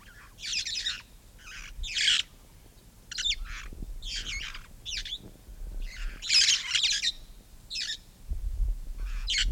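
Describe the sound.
Red-fronted parrot rough, screechy squawks at irregular intervals, some louder and longer than others, over a low rumble.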